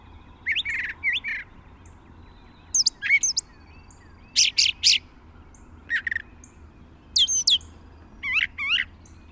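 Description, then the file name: Brown thrasher delivering a run of varied phrases, each phrase typically given twice: whistled slurs, harsh notes and sharp chips with short gaps between. "suara kicauan brown thrasher"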